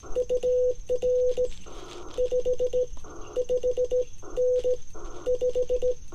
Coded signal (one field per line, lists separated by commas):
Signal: Morse code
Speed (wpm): 16 wpm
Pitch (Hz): 500 Hz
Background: none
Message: UR 55N 5